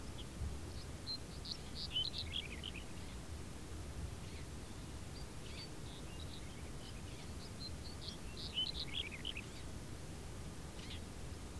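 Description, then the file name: Birds give scattered high chirps and short twittering phrases, busiest near the start and around the ninth second, above a low rumbling background. Birds in a field, background ambience. "Background of a Field with Birds"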